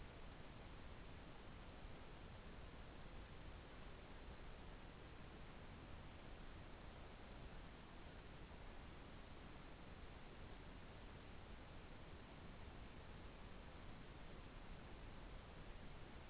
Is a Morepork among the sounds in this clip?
no